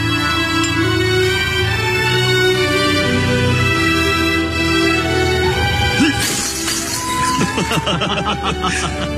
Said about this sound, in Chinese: 哎，这怎么了？ 没事 没事，我和大哥一时喝得高兴了，就把这碗给砸了。